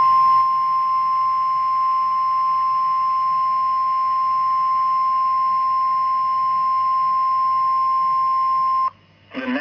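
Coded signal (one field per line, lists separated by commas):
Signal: Emergency Alert System (SAME) tones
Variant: 1050 Hz attention tone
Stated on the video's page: Real Emergency Alert System tornado warning for Tarrant County, not a simulation.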